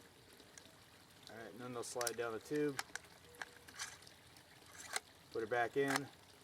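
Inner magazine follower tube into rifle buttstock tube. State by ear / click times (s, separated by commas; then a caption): not seated / none. After cartridges are loaded into a Winchester 74 .22 semi-auto rifle, the inner magazine follower tube is handled for pushing back into the buttstock tube while someone talks. Brief light ticks of handling are heard, the sharpest near 3.4 s and 5.0 s. The clip ends before the tube goes home, and nothing has seated or clicked yet.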